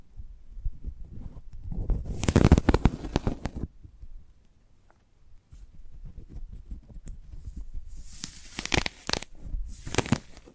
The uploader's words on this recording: ASMR of a Sprouted Coconut (No Talking).